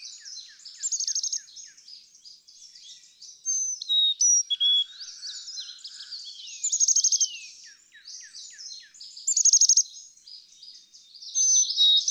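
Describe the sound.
Carolina chickadee song: high-low whistled note pairs repeated several times amid steady buzzy high twittering, with faint lower soft notes near the middle.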